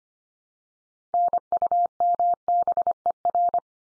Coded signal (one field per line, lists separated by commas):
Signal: Morse code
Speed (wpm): 25 wpm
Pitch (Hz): 700 Hz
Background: none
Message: NUMBER